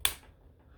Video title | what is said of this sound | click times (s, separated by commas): BEST BUDGET ENDOSCOPE/INSPECTION CAM l ANYKIT AN400 PRODUCT UNBOXING l INITIAL SETUP l DISCOUNT CODE | so you'll hear that click this camera will not remove itself | 0.1 s